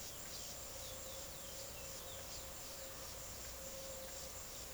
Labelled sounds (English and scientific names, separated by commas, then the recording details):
none
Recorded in secondary vegetation near Puerto Asís, Putumayo, Colombia, on 23 June 2025 at 13:30
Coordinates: 0.489, -76.322
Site G021